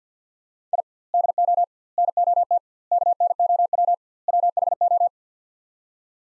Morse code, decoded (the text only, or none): I DO NOT KNOW WHO